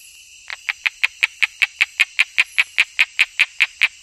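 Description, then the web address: Osteocephalus tree frog calling in a fast, steady series of short clicky notes over a constant high hum. Unidentified Osteocephalus species, Ecuadorian Amazon, South America. "Natures Songs S America Frogs of Ecuadorian Amazon Osteocephalus sp 2"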